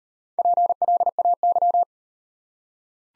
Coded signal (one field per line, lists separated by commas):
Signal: Morse code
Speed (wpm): 39 wpm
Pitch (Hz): 700 Hz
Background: none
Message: PLAY